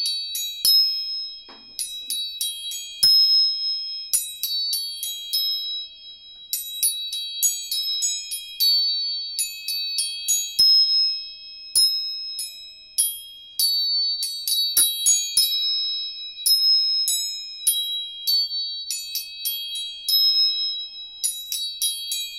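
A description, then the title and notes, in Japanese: Tuning forks are struck again and again, each strike a bright, high ringing tone that hangs briefly before the next. The strikes come every second or so, often overlapping, with faint clicks of contact and nothing low underneath. 音叉チューニング全体性。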